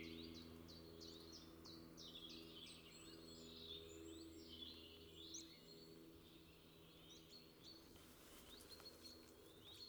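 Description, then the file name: Eurasian blackcap song: a quick series of bright, slurred notes repeated several times a second over a low steady hum and background noise. "Sylvia atricapilla"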